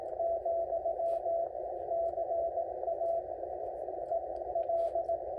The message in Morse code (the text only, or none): , CA EL